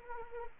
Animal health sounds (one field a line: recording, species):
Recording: mosquito wingbeat signal from an infrared sensor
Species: Anopheles arabiensis